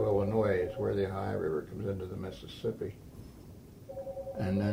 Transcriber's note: phone ringing